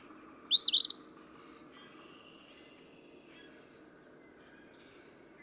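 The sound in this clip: Eastern phoebe delivering one loud, burry fee-bee phrase, then quiet hum until another phrase begins right at the end.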